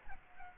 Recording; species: mosquito wingbeat signal from an infrared sensor; Aedes albopictus